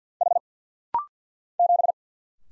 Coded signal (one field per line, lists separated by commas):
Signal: Morse code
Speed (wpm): 48 wpm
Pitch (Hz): 700 Hz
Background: none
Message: H 7